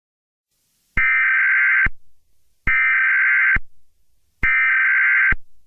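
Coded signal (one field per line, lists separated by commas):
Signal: Emergency Alert System (SAME) tones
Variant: header bursts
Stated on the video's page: Fictional EAS scenario about an amethyst-like tornado.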